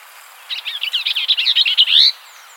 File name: Vireo bellii - Bell's Vireo